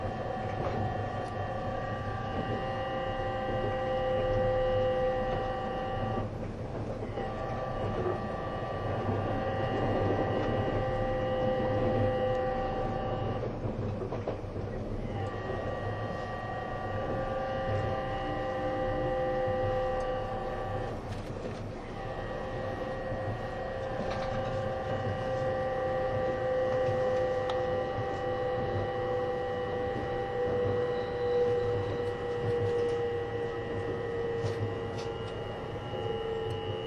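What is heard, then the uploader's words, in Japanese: Running sound of a train, a steady rumbling ride with a sustained tonal whine that holds and shifts slightly in pitch throughout. Brief clattering breaks occur around 7, 14 and 21 seconds, and faint voices may be present beneath the constant noise. E257系 あずさ19号03 甲府～松本。音の旅(走行音)。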